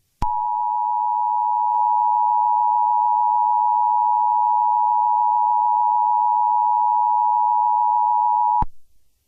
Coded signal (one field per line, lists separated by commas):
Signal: Emergency Alert System (SAME) tones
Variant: 853 and 960 Hz attention tone